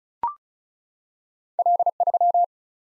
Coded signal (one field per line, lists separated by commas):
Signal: Morse code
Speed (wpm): 36 wpm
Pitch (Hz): 700 Hz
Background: none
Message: L3